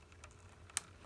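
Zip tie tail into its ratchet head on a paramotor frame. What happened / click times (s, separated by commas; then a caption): The plastic tie ratchet clicked tight / 0.8 s. A plastic zip tie's tail is pulled through its ratchet head on an Instinct paramotor frame, with a few faint ticks before one sharp click at 0.8 s. The zip tie is seated nice and tight.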